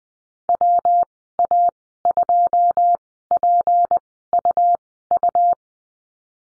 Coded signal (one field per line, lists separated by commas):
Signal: Morse code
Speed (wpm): 20 wpm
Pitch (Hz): 700 Hz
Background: none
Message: W A 2 P U U